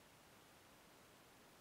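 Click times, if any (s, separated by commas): none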